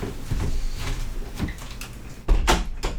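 A second door, one that drafts slam, is pushed shut, with a few soft knocks and rustles before a sharp, loud thump and rattle near the end. No one speaks.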